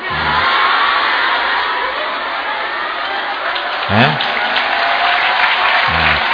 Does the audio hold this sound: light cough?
no